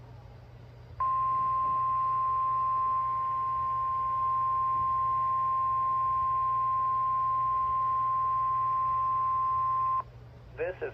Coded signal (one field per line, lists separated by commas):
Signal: Emergency Alert System (SAME) tones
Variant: 1050 Hz attention tone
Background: speech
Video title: Georgia Tornado Drill!| EAS #61-63| Required Weekly Test| KXI76, WXJ31